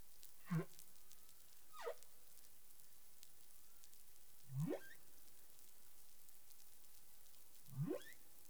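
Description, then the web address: Humpback whale giving four short sweeping whoops over steady underwater hiss. Caribbean, 20 April 2021, 03:38 UTC, from the CARIMAM data set. "CARIMAM clean data humpback whale"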